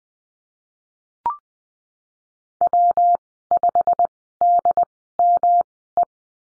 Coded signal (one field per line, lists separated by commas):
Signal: Morse code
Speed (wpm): 20 wpm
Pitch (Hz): 700 Hz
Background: none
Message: W5DME